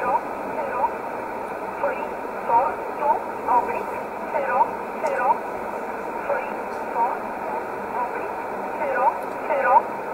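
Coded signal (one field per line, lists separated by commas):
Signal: numbers station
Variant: E11 Oblique, English voice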